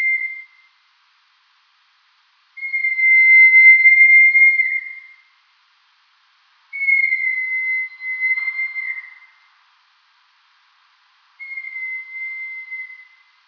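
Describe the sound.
Rat calls: a string of flat, pure whistled tones, each a couple of seconds long and spaced by gaps, some ending with a slight downward dip.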